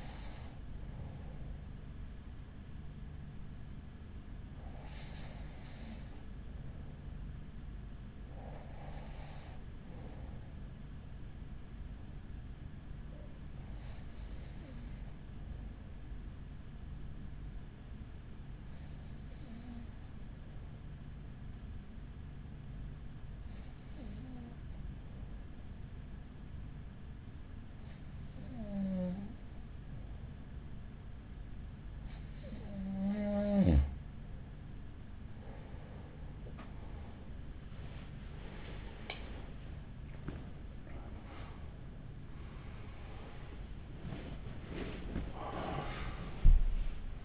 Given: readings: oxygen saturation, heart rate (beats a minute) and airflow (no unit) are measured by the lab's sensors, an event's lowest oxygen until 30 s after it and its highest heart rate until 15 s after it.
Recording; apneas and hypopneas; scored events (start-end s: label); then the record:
breathing in sleep by a smartphone at the bedside; 1
7.00-33.90 s: hypopnea (N2, oxygen 94% highest, then 91% lowest, heart rate 42 at the start, 67 highest)
From the record:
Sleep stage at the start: N2 (light sleep); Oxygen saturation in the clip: 92 to 94%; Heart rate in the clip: 42 to 64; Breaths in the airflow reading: 11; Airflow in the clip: -10.8 to 8.9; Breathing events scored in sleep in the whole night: 207 in 7.6 hours asleep